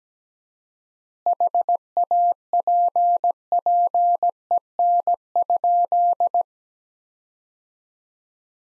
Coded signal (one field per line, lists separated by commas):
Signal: Morse code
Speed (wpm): 17 wpm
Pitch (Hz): 700 Hz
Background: none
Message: HAPPEN?